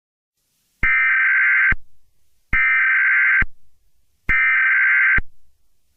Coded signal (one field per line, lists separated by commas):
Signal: Emergency Alert System (SAME) tones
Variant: header bursts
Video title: Emergency Alert System Scenario: 9-1-1 Telephone Outage